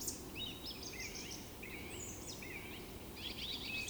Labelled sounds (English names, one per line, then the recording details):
Eurasian Woodcock whistle
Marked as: whistle, whistle
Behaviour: display flight
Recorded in Baden-Württemberg, Germany, on 28 May 2020 at 19:34 UTC
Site 31917, 145 m above sea level